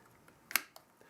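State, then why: Seated. A plastic AMD retention bracket is placed on the pump head of a Corsair H100i GTX / H110i GT liquid CPU cooler and twisted until it locks. Faint ticks are followed by a sharp double click at 0.5 and 0.6 seconds, then a softer tick. The bracket is seated and locked on.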